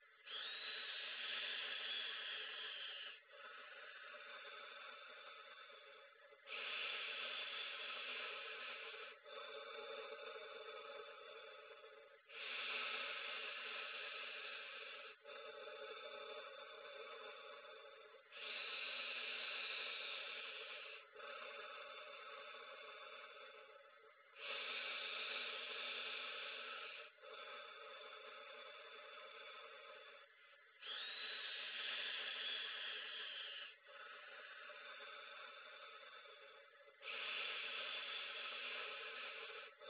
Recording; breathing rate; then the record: paced breathing near a phone; 10 breaths a minute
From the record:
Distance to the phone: 20 cm